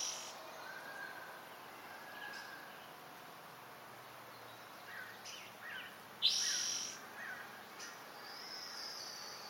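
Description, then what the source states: Bird chirping: soft drawn-out whistles, several curling chirps, and one loud high burst midway, over a low hiss. Dense natural setting.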